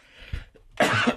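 A single brief, dry adult cough, a sharp burst after a soft throat sound; an isolated, incidental cough that happens by chance.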